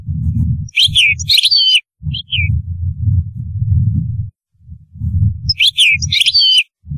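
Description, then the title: European goldfinch song: two phrases of bright, tinkling twittered notes several seconds apart, over a low rumbling noise. "Chant Chardonneret"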